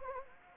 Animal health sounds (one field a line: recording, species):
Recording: mosquito wingbeat signal from an infrared sensor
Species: Anopheles gambiae